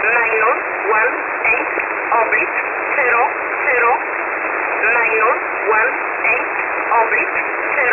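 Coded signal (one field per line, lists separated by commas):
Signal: numbers station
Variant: E11 Oblique, English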